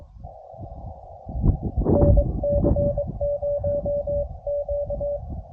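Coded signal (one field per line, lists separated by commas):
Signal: Morse code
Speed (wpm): 22 wpm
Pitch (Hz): 580 Hz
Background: radio noise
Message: NC0Q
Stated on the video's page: CW POTA activation at 100 watts with an EFHW on a mast, during a geomagnetic storm with very poor band conditions.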